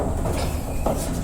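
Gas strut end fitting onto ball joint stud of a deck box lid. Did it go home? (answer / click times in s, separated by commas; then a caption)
no / none. The bottom end socket of a replacement gas strut is handled near the ball-joint stud of a deck box lid, where it will be pressed on. A steady low rumble fills the short clip, with a brief brighter burst near 0.9 s. Nothing has seated or clicked yet.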